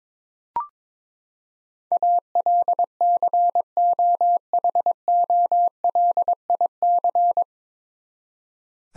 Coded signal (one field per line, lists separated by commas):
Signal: Morse code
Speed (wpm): 21 wpm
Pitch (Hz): 700 Hz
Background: none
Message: ALCOHOLIC